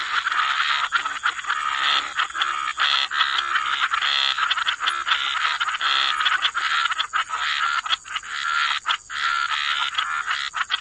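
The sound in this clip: Dense frog chorus, a near-continuous wall of overlapping grating croaks with only brief dips, steady high hiss underneath.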